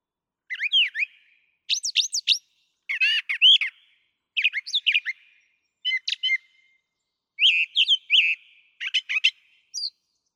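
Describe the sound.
Brown thrasher song of loud, complex phrases, each often repeated two or three times, given in bursts with short silences between.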